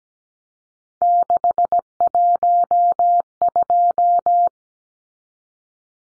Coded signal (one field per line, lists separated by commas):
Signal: Morse code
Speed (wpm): 17 wpm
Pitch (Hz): 700 Hz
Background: none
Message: 612